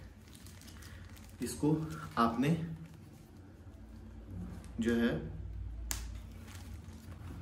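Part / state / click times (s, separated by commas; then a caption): motorcycle helmet chin strap buckle into its lock / seated / 5.9 s. Someone talks while fastening the chin strap buckle of an Axor Apex Venomous motorcycle helmet, pressing its button-type lock closed. One sharp click is heard at 5.9 s as the buckle locks into place, and the lock is shown as secure.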